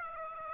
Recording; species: mosquito wingbeat signal from an infrared sensor; Aedes aegypti